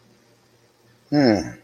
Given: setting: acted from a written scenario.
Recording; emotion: vocal sound without words; desire